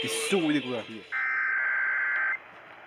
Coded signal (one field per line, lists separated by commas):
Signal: Emergency Alert System (SAME) tones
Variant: header bursts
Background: speech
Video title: MOTHER'S DAY... EAS Alerts From 5/12/24 - 5/13/24 (EAS#1,059 - #1,093)